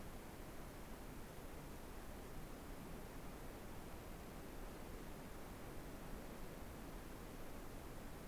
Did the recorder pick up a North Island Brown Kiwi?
no